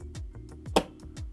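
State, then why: Seated. A RAM stick, its cutout lined up with the notch in the slot, is pressed with even pressure into a motherboard DIMM slot during an AMD Ryzen 5600G PC build. A sharp, bright click at 0.8 s, the loudest sound in the clip, marks the retention clip snapping shut, with soft rhythmic music and faint ticks around it. The module is seated.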